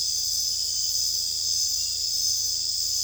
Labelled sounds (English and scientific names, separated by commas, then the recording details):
none
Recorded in secondary vegetation near Puerto Asís, Putumayo, Colombia, on 21 December 2024 at 21:00
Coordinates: 0.484, -76.319
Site GP06